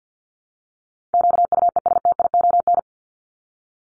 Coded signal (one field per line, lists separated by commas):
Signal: Morse code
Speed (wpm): 50 wpm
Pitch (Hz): 700 Hz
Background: none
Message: QUESTION